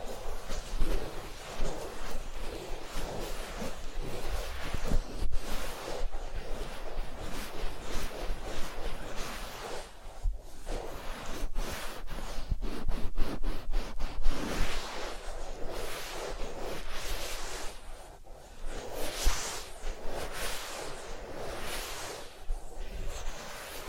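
Ear cleaning and massage sounds fill the recording as a dense, continuous rustling and scratching, with close brushing strokes that swell and fade. Quick bursts of crackling cluster around 10 to 14 seconds and again near 18 seconds, over a steady low rumble.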